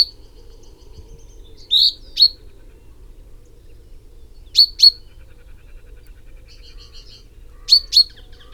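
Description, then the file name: Common chaffinch calls: short, sharp high 'pink' notes given in quick pairs, three pairs spaced a few seconds apart over a quiet background. "Fringilla coelebs"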